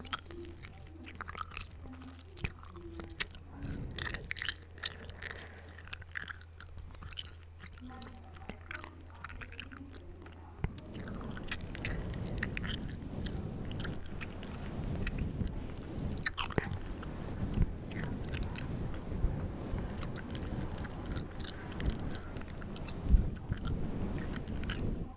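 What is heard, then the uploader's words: Wet gum chewing clicks and smacks in a steady, irregular rhythm throughout, with a low hum under the first ten seconds. From about ten seconds a dense, low rustling and scratching against the microphone takes over, with a sharp knock near twenty-three seconds. ASMR Episode 23: german version || gum chewing, life update & mic scratching. Gum chewing and mic scratching.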